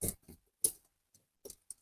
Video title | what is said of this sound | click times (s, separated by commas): Ремонт РЕМЕНЯ БЕЗПЕКИ Audi A6(vag group) | зараз секунду раз І защолкаю раз і воно собі стало на місце словом | 0.7 s